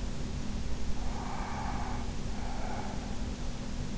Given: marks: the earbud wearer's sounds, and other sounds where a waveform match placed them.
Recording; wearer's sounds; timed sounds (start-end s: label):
sounds in sleep by an in-ear microphone; breath
0.93-3.22 s: breath